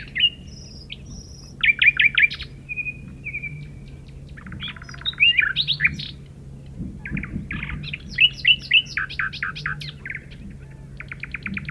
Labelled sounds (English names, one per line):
Common Nightingale song